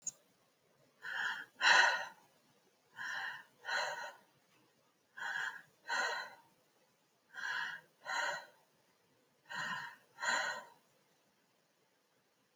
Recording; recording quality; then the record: deep breathing; excellent, no background noise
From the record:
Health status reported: healthy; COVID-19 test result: negative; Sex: female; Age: 35 years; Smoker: yes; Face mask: not worn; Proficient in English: yes